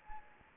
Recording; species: mosquito wingbeat signal from an infrared sensor; Anopheles gambiae